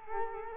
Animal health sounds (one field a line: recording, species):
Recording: mosquito wingbeat signal from an infrared sensor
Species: Culex quinquefasciatus